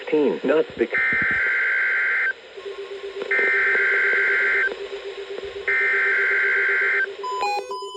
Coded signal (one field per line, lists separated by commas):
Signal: Emergency Alert System (SAME) tones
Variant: header bursts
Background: speech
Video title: EAS #2714-2717 Last LOT RWT of 2023